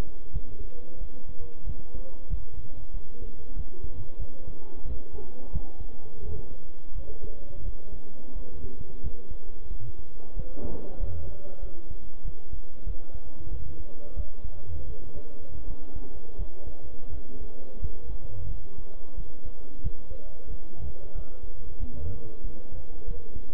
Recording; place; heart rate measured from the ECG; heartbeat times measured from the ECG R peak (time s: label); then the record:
heart sounds by stethoscope; between the tricuspid and mitral areas; 90 bpm
0.33 s: heartbeat
1.01 s: heartbeat
1.67 s: heartbeat
2.30 s: heartbeat
2.94 s: heartbeat
3.56 s: heartbeat
4.19 s: heartbeat
4.85 s: heartbeat
5.53 s: heartbeat
6.23 s: heartbeat
6.95 s: heartbeat
7.65 s: heartbeat
8.36 s: heartbeat
9.03 s: heartbeat
9.71 s: heartbeat
10.37 s: heartbeat
11.00 s: heartbeat
11.62 s: heartbeat
12.25 s: heartbeat
12.86 s: heartbeat
13.51 s: heartbeat
14.16 s: heartbeat
14.87 s: heartbeat
15.67 s: heartbeat
16.38 s: heartbeat
17.13 s: heartbeat
17.82 s: heartbeat
18.50 s: heartbeat
19.17 s: heartbeat
19.84 s: heartbeat
20.50 s: heartbeat
21.15 s: heartbeat
21.79 s: heartbeat
22.44 s: heartbeat
23.08 s: heartbeat
From the record:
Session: bicycle stress test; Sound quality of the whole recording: good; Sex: male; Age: 23 years